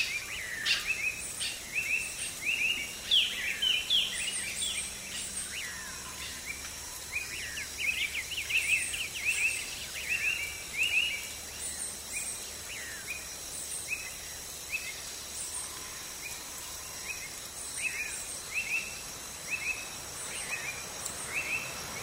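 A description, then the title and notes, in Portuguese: Animals sing in the canopy of a tree after rain, with many birds calling at once in a dense, continuous chorus of short bright chirps and trills. A thin high insect buzz runs steadily throughout, over a soft low rumble of background noise. Uma confortável cabana em cima de uma bela e ancestral árvore na Serra da Bocaina (SP). A paisagem sonora que se escuta na copa de uma árvore. Os animais agradecem pela chuva cantando em dobro e nos deixamos ficar apenas escutando as águas baterem nas folhas.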